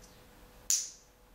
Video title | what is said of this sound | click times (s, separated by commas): Gymboss miniMAX Navigation and Setup Tips | and it snaps into place | 0.7 s